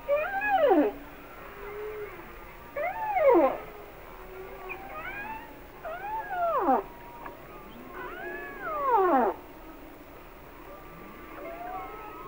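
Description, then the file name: Humpback whale song made of rapid downward-sweeping whoops and squeals, repeated at irregular intervals with faint tonal wails between. "Sounds of Nature - Humpback Whales"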